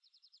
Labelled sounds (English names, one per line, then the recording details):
Yellowhammer song
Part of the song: start
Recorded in the Czech Republic on 8 May 2013
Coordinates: 49.916, 14.555
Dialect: BE
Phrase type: G33
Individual 288407